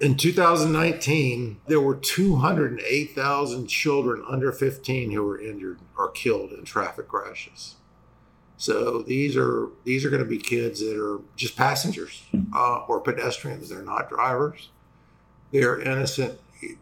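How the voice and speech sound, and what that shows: Fluent adult male speech with intermittent creaky, rough voicing from spasmodic dysphonia, a chronic condition causing a raspy voice. He receives Botox injections into his vocal cords every three months to stop the spasm, had them the day before, and is gradually losing his voice, which usually lasts two to three weeks.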